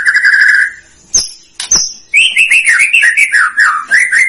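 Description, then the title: White-rumped shama: a steady whistled note, two sharp high clicks, then a fast flowing warble of rising and falling fluty notes. Lure recording of a vigorously singing bird, used to provoke a response from other birds. "PANCINGAN MEWAH MURAI BATU GACOR, SEKALI DENGAR AMPUH LANGSUNG RESPON"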